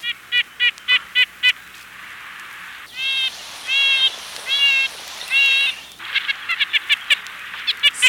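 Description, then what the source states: Red-breasted nuthatch calls: short nasal tooting notes repeated quickly, a slower run of longer nasal notes in the middle, then more rapid toots. Call likened to blowing a tiny tin horn.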